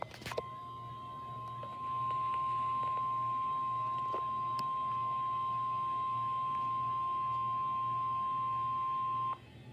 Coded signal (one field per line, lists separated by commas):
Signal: Emergency Alert System (SAME) tones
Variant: 1050 Hz attention tone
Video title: Severe Weather Statement (EAS #370)